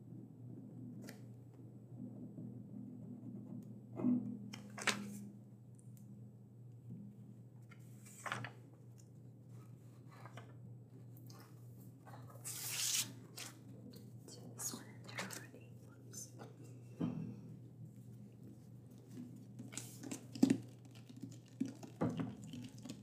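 A librarian checks through and prepares books, with scattered sharp taps, page rustles and soft thuds of books being handled and set down. A low steady hum runs underneath, and a brief burst of rustling comes near the middle, with quick clatters near the end.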